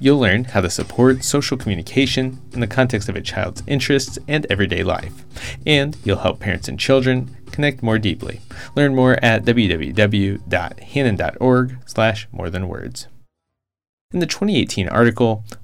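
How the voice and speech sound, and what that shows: A single adult man reads a sponsor message in a steady, moderately low voice, with smooth phrasing, clear consonants and natural short pauses. The speech is fluent and ordinary, ending with a brief silence before he starts the next segment.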